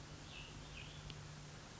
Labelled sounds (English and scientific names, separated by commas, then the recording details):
Cassin's Vireo (Vireo cassinii)
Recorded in Sonoma County, California